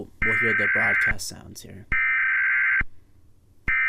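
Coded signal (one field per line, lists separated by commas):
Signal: Emergency Alert System (SAME) tones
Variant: header bursts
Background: speech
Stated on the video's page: Analog-horror emergency broadcast made in Sony Vegas with text-to-speech, a fictional creation.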